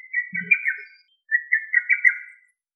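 Lesser cuckoo calling: two rapid phrases of whistled notes, each about a second long, separated by a short pause.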